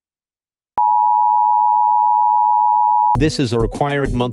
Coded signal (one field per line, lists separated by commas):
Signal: Emergency Alert System (SAME) tones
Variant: 853 and 960 Hz attention tone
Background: speech